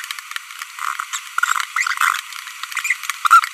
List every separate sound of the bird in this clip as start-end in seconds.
1.13-1.17, 2.85-2.93